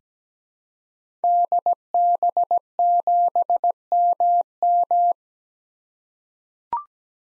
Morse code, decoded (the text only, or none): DB7MM